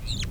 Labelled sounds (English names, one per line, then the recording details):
Superb Starling flight call
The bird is a male
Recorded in Kenya on 24 April 2009 at 15:36
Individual 104, of group SRB2